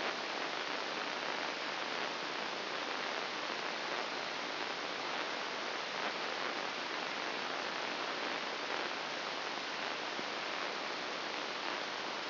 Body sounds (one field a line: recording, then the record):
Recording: brain microelectrode recording played as sound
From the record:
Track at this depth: inside the subthalamic nucleus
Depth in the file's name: 2.804 mm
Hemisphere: right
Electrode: 2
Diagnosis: Parkinson's disease